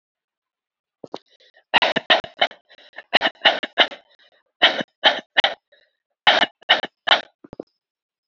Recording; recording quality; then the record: shallow voluntary cough; poor, much background noise or distortion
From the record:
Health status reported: healthy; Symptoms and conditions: none ticked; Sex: male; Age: 25 years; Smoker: not ticked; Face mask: not worn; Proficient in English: yes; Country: India